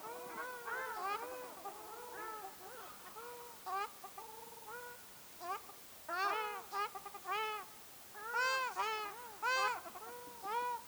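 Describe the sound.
Ruddy shelduck calling repeatedly, nasal trumpet-like honks in bursts, louder toward the end, with several birds overlapping.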